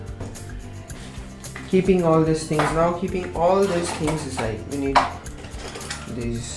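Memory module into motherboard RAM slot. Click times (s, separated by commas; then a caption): 0.9 s, 1.6 s. A memory module is pressed into a motherboard RAM slot after the side tabs were opened, and it seats with two sharp clicks at 0.9 s and 1.6 s as the retention tabs on both ends lock. Background music plays throughout, and someone talks afterward.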